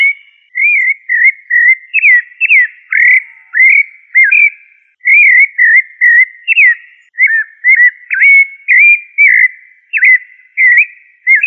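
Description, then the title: Thrush singing, varied brief whistled notes and upward-flicked slurs following one another quickly. "Familia Turdidae - Sabia"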